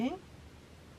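The female half of a metal snap rivet is being handled onto the male rivet post through a leather necklace strap, to be pushed until it snaps. Someone talks briefly at the start, then only a low, quiet background remains. Nothing has seated or clicked yet.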